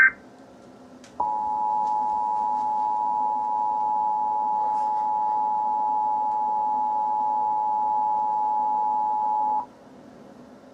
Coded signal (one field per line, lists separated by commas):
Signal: Emergency Alert System (SAME) tones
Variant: 853 and 960 Hz attention tone